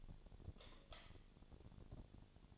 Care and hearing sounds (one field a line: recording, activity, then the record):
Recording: daily activity, microphone in the room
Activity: light off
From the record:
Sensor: 4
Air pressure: 1010.7 hPa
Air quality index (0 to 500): 171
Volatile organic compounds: 5 ppm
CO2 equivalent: 1738 ppm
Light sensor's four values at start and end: 38/111/44/45 and 38/110/44/45